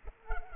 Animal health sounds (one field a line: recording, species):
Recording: mosquito wingbeat signal from an infrared sensor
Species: Culex pipiens